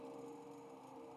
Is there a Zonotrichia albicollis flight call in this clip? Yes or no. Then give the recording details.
no. No flight call is heard. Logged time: 03:36 on 5 December 2014